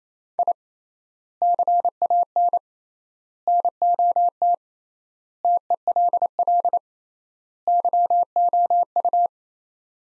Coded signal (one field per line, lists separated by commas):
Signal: Morse code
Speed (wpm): 28 wpm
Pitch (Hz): 700 Hz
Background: none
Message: I CAN NOT TELL YOU